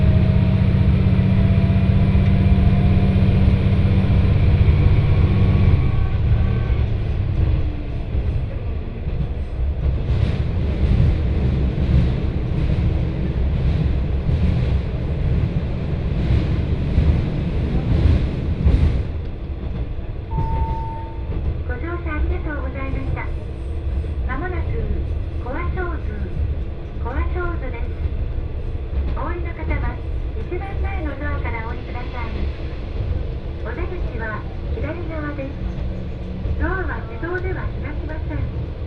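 A train ride on the Etsumi-hoku Line, heavy low rumble and a thin high whine for the first few seconds, then a steady roar with rapid rattling bursts from about 10 to 19 seconds. After a brief chime, the ride quiets and a voice speaks over the hum.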